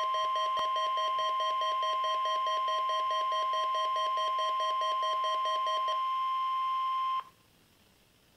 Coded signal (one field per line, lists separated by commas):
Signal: Emergency Alert System (SAME) tones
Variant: 1050 Hz attention tone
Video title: 8-1-18 Required Weekly Test [EAS 63]